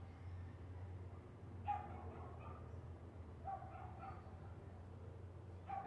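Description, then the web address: Dog yapping, a few short barks, faint against a steady low rumble of background noise. Constant yapping dog in a neighborhood background. "lynne-publishing Neighborhood Background Constant Yappy Dog"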